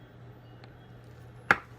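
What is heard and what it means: A faceted cubic zirconia stone is pressed into a flush setting in a metal jewelry piece. After a faint tick at 0.6 s, a sharp click sounds at 1.5 s over a low steady hum. The stone is seated.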